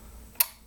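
The cocking piece of a cock-on-close rifle bolt is pulled back and catches the first cutout in the bolt, giving a single sharp, bright click at 0.4 s that fades within about a tenth of a second over a quiet low hum. This is only the first of two clicks; the second is not heard in this clip.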